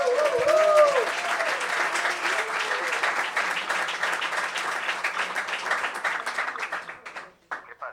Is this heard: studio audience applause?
yes